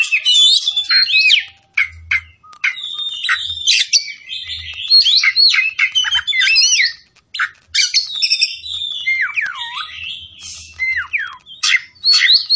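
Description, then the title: Oriental magpie-robin song, a vigorous stream of fast varied notes, sweeping whistles and harsh chatters with short breaks, plus faint low knocks. Tretes, singing vigorously (gacor). "Kacer Tretes Gacor"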